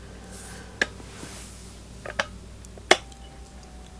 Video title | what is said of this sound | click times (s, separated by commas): ✨ OLDER FRIGIDAIRE WASHER WON’T SPIN - FIXES ✨ | So I'll fit it into the little slots down there, and I'll push the top of it in until it clicks. | 2.2 s, 2.9 s